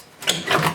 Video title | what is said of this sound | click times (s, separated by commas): Custom Military HMMWV | got a little clicks right here they're kind of neat these turtle | 0.3 s